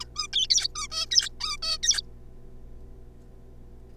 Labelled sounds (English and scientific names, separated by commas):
Zebra Finch (Taeniopygia guttata)